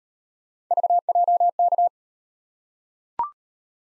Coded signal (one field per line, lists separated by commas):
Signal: Morse code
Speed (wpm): 38 wpm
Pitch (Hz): 700 Hz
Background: none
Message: VJK